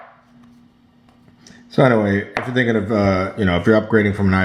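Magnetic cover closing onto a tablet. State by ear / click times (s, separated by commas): seated / 1.5 s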